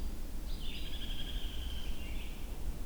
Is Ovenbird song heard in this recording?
no